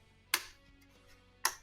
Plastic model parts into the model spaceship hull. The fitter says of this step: you'll hear some snaps along the way